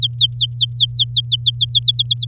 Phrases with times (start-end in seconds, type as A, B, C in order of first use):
0.01-1.79 A, 1.82-2.25 B